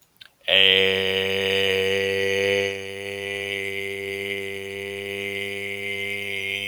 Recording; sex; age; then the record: vowel held as long as possible; male; 20 to 29 years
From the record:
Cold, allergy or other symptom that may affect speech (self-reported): no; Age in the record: 27 years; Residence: Texas, United States